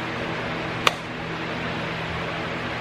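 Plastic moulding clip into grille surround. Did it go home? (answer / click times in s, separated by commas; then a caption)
yes / 0.9 s. A plastic retaining clip is pushed into the grille moulding surround on a Jeep Gladiator pickup truck, over a steady broadband hum. A single sharp click at 0.9 s shows the clip has seated.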